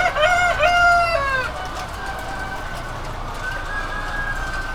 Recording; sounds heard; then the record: poultry house recording; healthy chickens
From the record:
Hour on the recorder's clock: 20